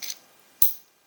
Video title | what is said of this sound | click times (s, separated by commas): knipex pliers 125 and 150mm twin pack 00 20 70 v01 - unboxing | A nice snap of the button, a nice clicking action there, just so you know it's locked into place. | 0.6 s